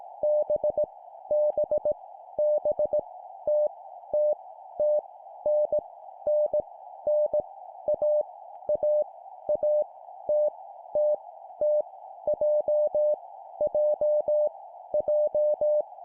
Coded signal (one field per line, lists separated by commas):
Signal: Morse code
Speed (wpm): 18 wpm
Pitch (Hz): 600 Hz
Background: none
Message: B B B T T T N N N A A A T T T J J J